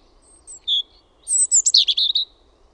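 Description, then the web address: European robin song: a couple of thin high notes, then a quick tumbling phrase of sharp, sweet twittering notes, in otherwise quiet surroundings. "Linnut PUNARINTA"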